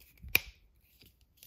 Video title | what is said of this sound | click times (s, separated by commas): SPACE JAM A New Legacy Toys Unboxing Lebron James Ultimate Tune Squad Talking Action Figure | you can match it up over here has like these little notch you're just gonna match it up and it should snap into place | 0.3 s